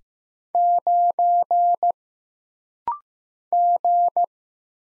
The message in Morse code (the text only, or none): 9 G